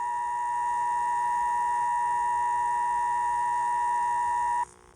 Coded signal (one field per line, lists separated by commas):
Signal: Emergency Alert System (SAME) tones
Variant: 853 and 960 Hz attention tone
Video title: Reacting to EAS Mini Scenario Look around a suprise is here by JM EAS